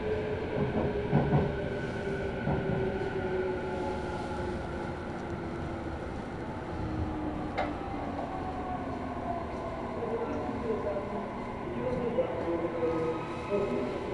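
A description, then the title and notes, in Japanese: A train on the Sasebo Line runs between Arita and Kitakata with a steady, dense rumble and several long sustained tones that slowly drift in pitch. A sharp click comes at about 7.5 seconds, and a few bumpier patches appear near the start and toward the end. 音の旅 佐世保線 有田→北方。普通列車鳥栖行きに乗車します。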